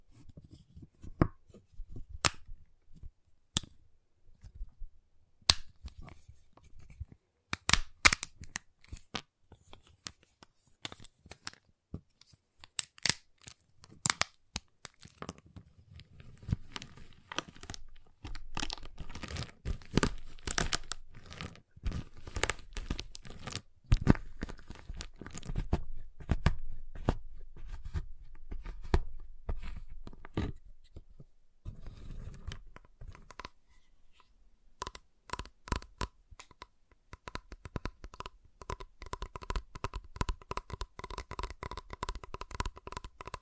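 Tapping, cutting and snapping on a giant chocolate bar, with sharp irregular clicks and cracks scattered throughout. Activity thickens after about fifteen seconds into dense crinkling, crunching runs, and a faint steady tone appears in the last ten seconds.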